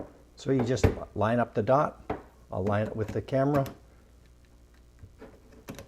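Someone talks while lining up the dot on a 28 mm f/2.8 interchangeable lens with the lens mount of a Canon TLb 35 mm film SLR camera. Quiet handling follows, with two faint short ticks near 5.7 and 5.8 s. The lens has not yet been turned the eighth of a turn to the right, so nothing has seated or clicked yet.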